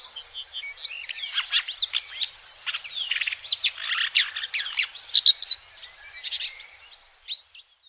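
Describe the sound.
Red-backed shrike giving a rapid jumble of short squeaky notes, dense through the middle, then thinning into scattered short calls.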